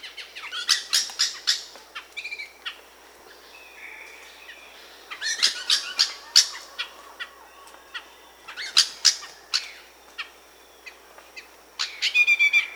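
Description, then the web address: Red-crowned ant-tanager giving harsh, rasping chatters in quick bursts, separated by short pauses, over a steady high insect drone. Recorded in South America. "Natures Songs S America Red-crowned Ant-Tanager"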